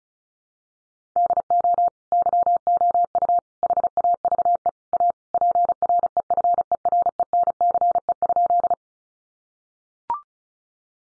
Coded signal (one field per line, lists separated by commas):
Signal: Morse code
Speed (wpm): 34 wpm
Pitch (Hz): 700 Hz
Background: none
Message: DO YOU HAVE A PREFERENCE?